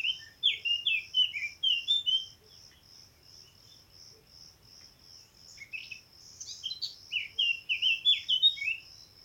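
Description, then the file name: Eurasian blackcap singing two rich warbling phrases of fast, tumbling notes, with a rhythmic insect pulsing throughout. "Sylvia atricapilla"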